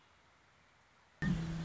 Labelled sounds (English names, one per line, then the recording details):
Red-winged Blackbird
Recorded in Sonoma County, California